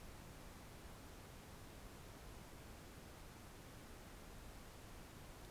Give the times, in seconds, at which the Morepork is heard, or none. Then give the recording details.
none. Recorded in New Zealand on 4 June 2017. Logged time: 21:16. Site Taranaki